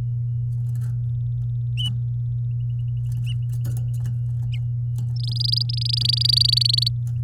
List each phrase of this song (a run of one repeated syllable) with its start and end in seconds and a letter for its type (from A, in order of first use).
5.16-6.88 A